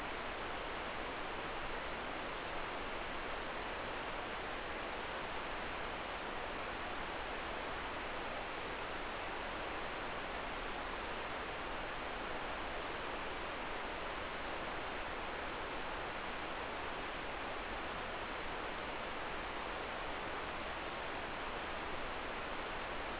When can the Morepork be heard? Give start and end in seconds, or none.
none